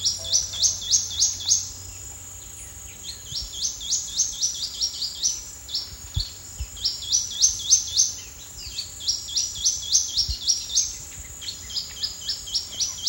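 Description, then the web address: Plain Xenops giving quick bursts of high, clipped rising notes in short runs, pausing briefly between runs over a steady high background hum. Calling at 09:03. "GLOTIN EXPLOLODGE bird samples xenopsminutus LIFECLEF 2014 BIRDAMAZON"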